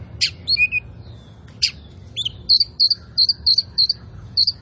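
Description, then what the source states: Oriental magpie-robin song: several sharp chirps and whistles, then a brisk series of high piping notes. Kacer poci type; gacor, meaning singing vigorously and constantly.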